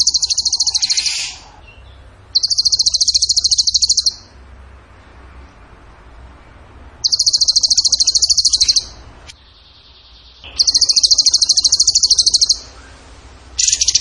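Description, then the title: Bird song in bursts of very high, rapid stuttering trills about two seconds long, separated by pauses. Masteran training song for birds in the tembakan gacor style. "Masteran Burung Tembakan Gacor"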